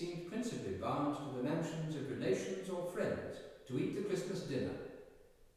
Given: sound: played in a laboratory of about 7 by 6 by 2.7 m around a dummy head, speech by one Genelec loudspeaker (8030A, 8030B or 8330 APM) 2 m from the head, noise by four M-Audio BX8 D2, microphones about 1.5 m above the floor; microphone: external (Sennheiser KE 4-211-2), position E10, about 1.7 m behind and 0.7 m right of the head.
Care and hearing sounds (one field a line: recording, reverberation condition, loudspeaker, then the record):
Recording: male speech in English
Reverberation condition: high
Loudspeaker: 30 degrees to the right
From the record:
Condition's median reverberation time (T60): about 1300 ms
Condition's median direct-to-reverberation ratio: about -4.0 dB